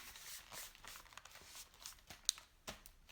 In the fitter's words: so I think something hadn't clicked in place which is now clicked in place I'm guessing